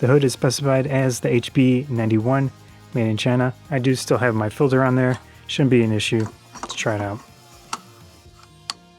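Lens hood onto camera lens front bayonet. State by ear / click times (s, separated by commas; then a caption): seated / 8.7 s. A lightweight plastic HB91 bayonet lens hood, made in China and textured inside, is twisted onto the front of a Nikon Z 85mm f/1.8 S lens that still has a filter fitted. Someone talks for the first seven seconds, then a few small handling ticks are followed by a sharp click at 8.7 s as the hood locks into place with no issues.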